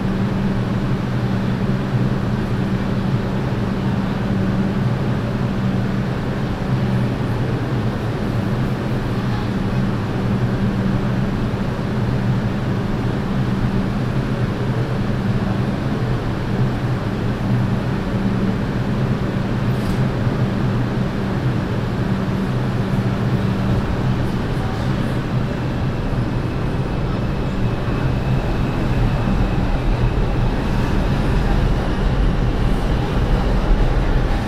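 Steady, dense roar of the N train in motion, with a heavy low rumble and humming tones that hold throughout. Faint clicks and rattles surface around twenty and twenty-five seconds, a thin whine appears later, and the noise swells slightly near the end.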